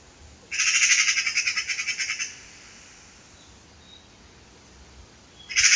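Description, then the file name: Eurasian magpie giving a harsh, rapid rattling chatter for nearly two seconds, then starting another burst at the very end; otherwise quiet. "Pica pica"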